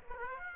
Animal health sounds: mosquito wingbeat signal from an infrared sensor; Aedes aegypti

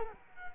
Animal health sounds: mosquito wingbeat signal from an infrared sensor; Culex quinquefasciatus

